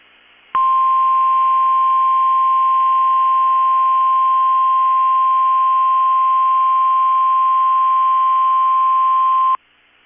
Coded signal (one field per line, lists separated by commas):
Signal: Emergency Alert System (SAME) tones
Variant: 1050 Hz attention tone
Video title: 3/2/22 - Crazy Required Weekly Test on KEC65 (EAS #370 & EAS #371)